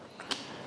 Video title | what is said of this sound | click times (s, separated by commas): SHOEI Neotec II: Unboxing & First Impressions - Vlog#513 | Just press here, and then the chin bar goes up and down, and it locks in place. | 0.2 s